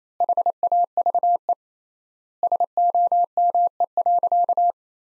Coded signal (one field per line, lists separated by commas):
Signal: Morse code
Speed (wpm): 28 wpm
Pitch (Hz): 700 Hz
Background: none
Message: HAVE SOME.